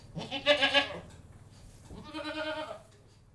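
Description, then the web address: Goat bleating, a loud wavering bleat followed by a second, softer drawn-out bleat, over a steady low hum of background noise. Inside a goat house, general atmosphere. "BBC Sound Effects Library. General Atmosphere In Goat-House"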